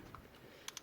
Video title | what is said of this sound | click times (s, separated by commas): Fitting A Tuning Box To A Motorhome | All you hear once you push it in, it's going to do this little click noise. It means it's locked in. | 0.7 s, 0.8 s